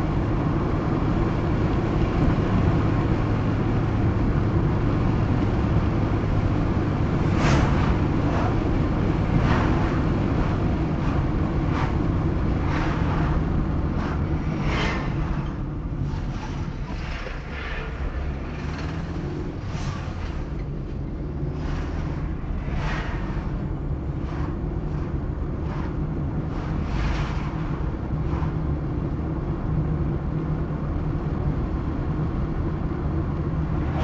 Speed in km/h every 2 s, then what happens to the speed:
96, 95, 100, 104, 103, 103, 98, 94, 89, 82, 54, 26, 41, 51, 56, 60, 65.
0-7 speeds up to 104. 7-22 brakes to 26. 22-34 speeds up to 65.